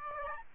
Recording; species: mosquito wingbeat signal from an infrared sensor; Aedes albopictus